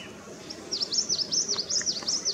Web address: Babax lanceolatus. صدای-پرنده-باباکس-چینی